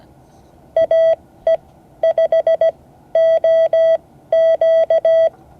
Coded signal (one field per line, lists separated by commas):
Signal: Morse code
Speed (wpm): 17 wpm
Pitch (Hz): 650 Hz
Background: none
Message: AE5OQ